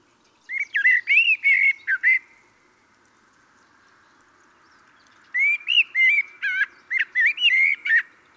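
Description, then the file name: Common blackbird song: two phrases of rich, flowing fluted notes mixed with thin high squeaks, separated by about three seconds of quiet. "Turdus merula"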